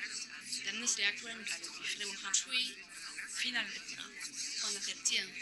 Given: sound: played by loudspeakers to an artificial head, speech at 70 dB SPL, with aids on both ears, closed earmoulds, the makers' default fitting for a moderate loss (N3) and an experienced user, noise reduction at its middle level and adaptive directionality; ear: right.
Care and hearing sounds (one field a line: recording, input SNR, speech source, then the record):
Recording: speech test signal (ISTS) in cocktail-party noise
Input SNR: -3 dB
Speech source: in front (0 degrees)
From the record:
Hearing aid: class 1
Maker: J